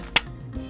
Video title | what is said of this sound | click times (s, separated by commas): Hunter® Titan Installatie | until you hear a click | 0.2 s